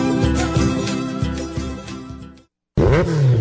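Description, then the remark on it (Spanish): A motorcycle engine roars loudly with a steady, buzzy drone, cuts out abruptly into brief silence, then returns with rising and falling revs. “Velázquez Motors, somos líderes en venta de motos y motocargas en toda la provincia de Lucanas, Puquio.”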